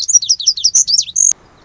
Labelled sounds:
Lazuli Bunting (Passerina amoena)
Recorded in Sonoma County, California

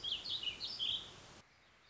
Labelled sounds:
Warbling Vireo (Vireo gilvus)
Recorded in Sonoma County, California

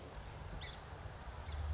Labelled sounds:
Song Sparrow (Melospiza melodia)
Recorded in Sonoma County, California

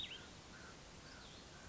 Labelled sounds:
Cassin's Vireo (Vireo cassinii)
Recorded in Sonoma County, California

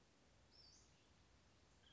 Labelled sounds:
Western Flycatcher (Empidonax difficilis)
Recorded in Sonoma County, California

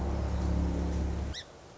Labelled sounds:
Song Sparrow (Melospiza melodia)
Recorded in Sonoma County, California

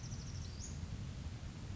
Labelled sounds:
Western Flycatcher (Empidonax difficilis)
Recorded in Sonoma County, California

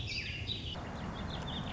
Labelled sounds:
Warbling Vireo (Vireo gilvus)
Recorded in Sonoma County, California

